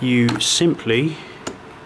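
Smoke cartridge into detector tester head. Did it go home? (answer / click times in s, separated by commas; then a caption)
yes / 1.5 s. A smoke cartridge is slid into the plastic housing of a Solo 365 smoke detector tester head while someone talks. One sharp tick is heard at 1.5 s as the cartridge slides home and seats, leaving the tester fully loaded with smoke.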